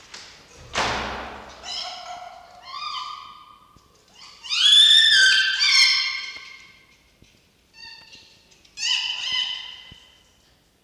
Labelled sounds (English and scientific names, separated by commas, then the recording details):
Red Fox (Vulpes vulpes)
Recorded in captivity
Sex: pair
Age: adult
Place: Zoologisches Institut der HUB, Berlin, DE
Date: 1953-03-09 16:30
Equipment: Elmetra
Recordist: Tembrock, Günter
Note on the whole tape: Fiffi: Winseln - Kreischen; Jupp: Ranzbellen